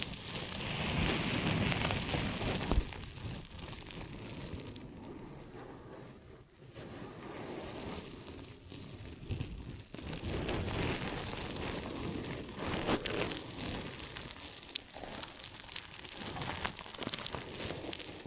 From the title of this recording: ASMR Ear & Scalp Massage and Cleaning